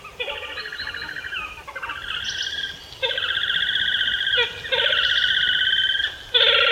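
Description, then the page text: Horned grebe giving loud nasal trilled calls with rich harmonics, several rapid rattling phrases that rise and hold, one after another with brief gaps. "Красношейная поганка - Podiceps auritus"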